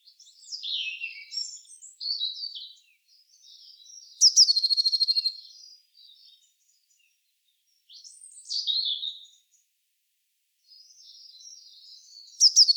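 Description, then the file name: Eurasian blue tit calls: several high, downward-sliding scratchy notes, a fast buzzy churr in the middle, and another churr beginning at the end. "Cyanistes caeruleus"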